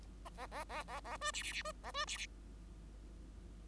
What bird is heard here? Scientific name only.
Lonchura striata domestica